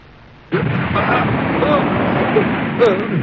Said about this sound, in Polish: Cóż to za wybuch?